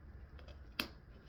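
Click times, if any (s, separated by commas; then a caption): 0.8 s. A metal snap button on a fabric gear strap or flap is pushed closed by hand from a seated position for a better angle. A faint soft tap comes at about 0.4 s, then a sharp, bright snap at 0.8 s as the button snaps shut and seats.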